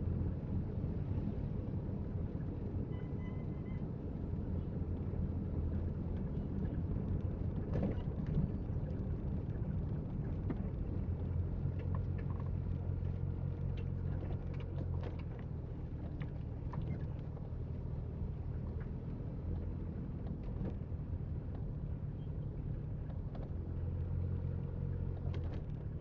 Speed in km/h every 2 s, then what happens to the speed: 18, 18, 18, 17, 14, 11, 3, 5, 10, 10, 9, 7, 8.
0-9 steady at about 18. 9-12 brakes to 3. 12-16 speeds up to 10. 16-26 steady at about 9.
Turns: none.